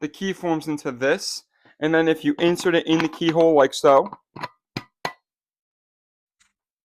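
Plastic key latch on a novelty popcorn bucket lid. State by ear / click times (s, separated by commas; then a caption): released / 4.8 s, 5.0 s. Two plastic movie-prop keys are joined into one key and inserted into the keyhole of a novelty plastic popcorn bucket while someone talks. The plastic key latch on the lid clicks at 4.8 s and 5.1 s. The latch releases and the lid opens.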